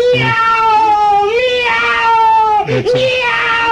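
A cat meows loudly in a long, drawn-out wail, its pitch wavering and dipping, breaking off briefly near the end before the yowl picks up again.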